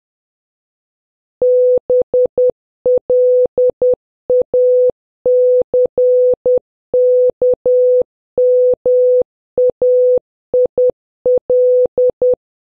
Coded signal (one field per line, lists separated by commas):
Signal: Morse code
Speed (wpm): 10 wpm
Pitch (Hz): 500 Hz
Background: none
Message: BLACKMAIL